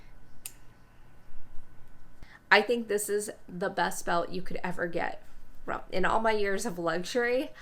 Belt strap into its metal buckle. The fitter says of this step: so easy to get in it now because it pretty much just snaps right in